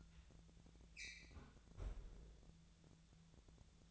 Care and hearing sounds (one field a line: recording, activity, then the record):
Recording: daily activity, microphone in the room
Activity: close fridge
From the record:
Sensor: 3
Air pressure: 1000.1 hPa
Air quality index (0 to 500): 130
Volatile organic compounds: 2 ppm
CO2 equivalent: 1155 ppm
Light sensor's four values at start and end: 43/110/47/51 and 43/110/47/51